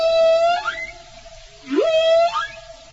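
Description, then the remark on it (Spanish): Two long, tonal whale calls with rich harmonics, each holding a steady mid pitch before sweeping upward, separated by a brief low swoop and a pause. No speech. “Según estudios recientes, 99 de cada 100 ballenas sintonizan Ego 99 durante su ritual de apareamiento.”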